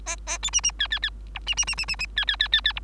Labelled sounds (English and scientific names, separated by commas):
Bengalese Finch (Lonchura striata domestica) song